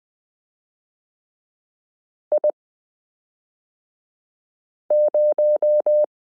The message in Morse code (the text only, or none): I0